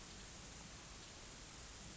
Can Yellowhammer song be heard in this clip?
no